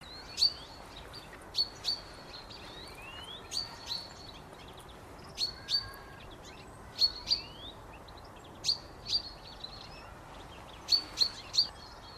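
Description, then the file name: Common chaffinch calls: short, sharp high notes, often in quick pairs, repeated every couple of seconds over a faint steady background hiss. "Fringilla coelebs"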